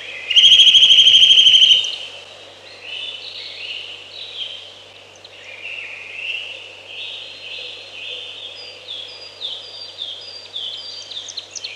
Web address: Przyroda Ptaki Kowalik